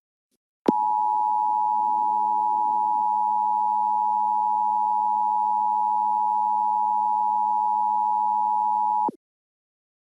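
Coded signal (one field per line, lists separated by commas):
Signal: Emergency Alert System (SAME) tones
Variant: 853 and 960 Hz attention tone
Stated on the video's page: Mockup EAS Child Abduction Emergency for Ohio using valid EAS tones, based on a real alert.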